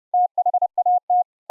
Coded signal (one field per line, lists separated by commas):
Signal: Morse code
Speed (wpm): 32 wpm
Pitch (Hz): 720 Hz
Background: none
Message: THAT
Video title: VLF CW AM Transceiver project for MUMBLE iCW - prototype 2 - The Transmitter section